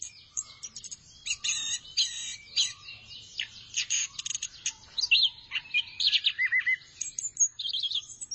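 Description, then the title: Thrush delivering busy, high-pitched warbled song, thin trills and buzzy notes overlapping in quick succession. "burung anis x"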